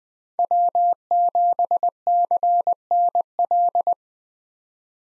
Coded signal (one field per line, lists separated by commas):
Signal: Morse code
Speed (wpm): 20 wpm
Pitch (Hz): 700 Hz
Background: none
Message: W7CNL